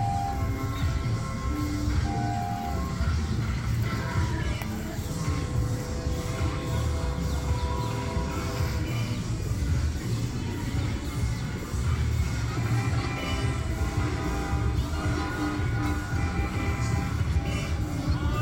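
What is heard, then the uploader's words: A dense, unbroken din at an outdoor winter fair, with several sounds clashing at once. A heavy low rumble runs throughout, overlaid by sustained musical tones and the murmur of a crowd, holding a steady, loud level for the whole stretch. Boxing Day cacophony, Hampstead Heath Fayre, London, England, UK. A cacophony of clashing sounds at Hampstead Heath fayre on boxing day. Sounds of the fairground organ along with the thumping formless music.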